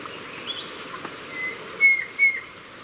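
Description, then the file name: White-bellied Antpitta calling with short, flat whistled notes, two clear ones close together near the end after a fainter one, over steady hiss and faint high chirps. "Grallaria hypoleuca - White-bellied Antpitta"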